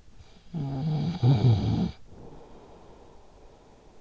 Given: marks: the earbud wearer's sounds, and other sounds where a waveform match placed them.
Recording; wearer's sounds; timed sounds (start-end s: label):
sounds in sleep by an in-ear microphone; snoring breath
0.15-4.01 s: snoring breath